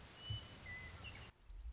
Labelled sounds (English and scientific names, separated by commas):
Western Meadowlark (Sturnella neglecta)